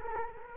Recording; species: mosquito wingbeat signal from an infrared sensor; Culex quinquefasciatus